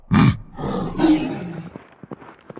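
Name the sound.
big cat roaring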